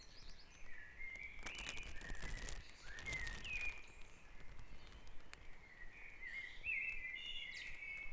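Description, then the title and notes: Birds singing at dawn, sliding whistled phrases and rising notes, with bursts of broad hissing noise. Dawn chorus recorded at Back Dragon Avenue, Harrogate, as part of a sound map of Harrogate. "Dawn Chorus // Back Dragon Avenue, Harrogate. Part of the Sound Map Of Harrogate"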